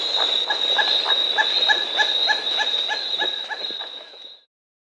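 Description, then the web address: Emerald toucanet repeating rough croaking notes at a brisk pace that gradually fade out, over a steady high-pitched hum. Recorded in the Andes of South America. "Natures Songs S America Andean Birds. Emerald Toucanet (Aulacorhynchus Prasinus)"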